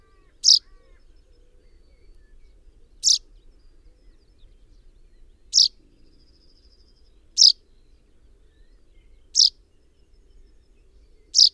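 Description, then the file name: Common chaffinch calling with sharp single notes repeated every two seconds or so. "Fringilla coelebs"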